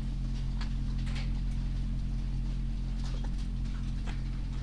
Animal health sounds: poultry house recording; sick chickens (respiratory disease)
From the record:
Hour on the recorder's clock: 0

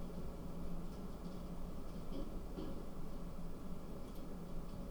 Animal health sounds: poultry house recording; no chicken sound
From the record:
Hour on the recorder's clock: 21

